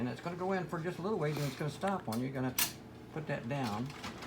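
Someone talks while a transfer belt (IBT) unit is lined up and slid a short way into a Xerox WorkCentre 7120, 7125, 7220 or 7225 laser copier until it stops, before being pressed down into place. A brief handling noise comes at about 2.6 s. Nothing has seated or clicked yet.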